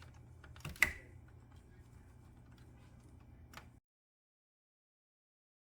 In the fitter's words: and slide it to the left until you hear it click